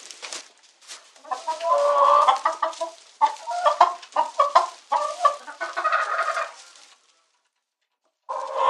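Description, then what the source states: Chicken clucking and squawking in a busy run of short harsh notes, a brief pause, then the calls resume. Domestic chicken.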